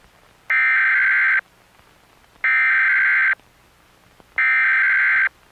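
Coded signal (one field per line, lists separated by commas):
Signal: Emergency Alert System (SAME) tones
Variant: header bursts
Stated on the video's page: Fictional simulated scenario.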